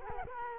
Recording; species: mosquito wingbeat signal from an infrared sensor; Culex quinquefasciatus